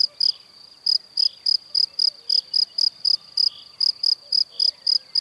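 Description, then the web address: Cricket song: shrill, high chirps repeated about four times a second in steady bursts, with brief pauses and faint background sounds. "Kurs PTTK Przyroda Ptaki Świerszcze"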